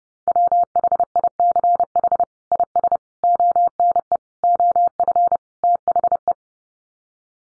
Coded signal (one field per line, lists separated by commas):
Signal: Morse code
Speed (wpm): 30 wpm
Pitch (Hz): 700 Hz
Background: none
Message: WHICH IS ONE OF THE